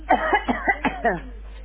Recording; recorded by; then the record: voluntary cough; telephone call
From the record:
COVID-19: negative